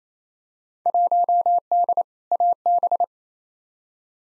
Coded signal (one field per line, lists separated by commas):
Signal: Morse code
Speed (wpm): 28 wpm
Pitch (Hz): 700 Hz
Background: none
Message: 1D AB